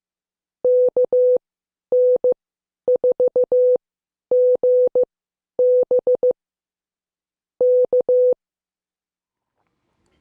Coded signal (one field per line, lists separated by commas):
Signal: Morse code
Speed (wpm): 15 wpm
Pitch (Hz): 500 Hz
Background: none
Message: KN4GB K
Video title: Morse Code Class 10